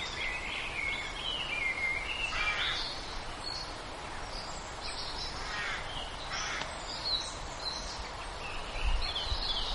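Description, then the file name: Birdsong: several thin whistled phrases near the start, then scattered high chirps and trills over steady low rumbling background noise. "birdsong diversitree"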